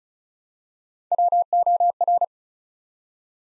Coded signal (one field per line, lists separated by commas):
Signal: Morse code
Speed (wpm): 36 wpm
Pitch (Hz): 700 Hz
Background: none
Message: WOR